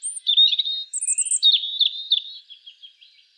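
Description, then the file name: European robin song: a short, rich phrase of high whistles and thin shrill notes falling into soft trailing warbles. "Erithacus rubecula"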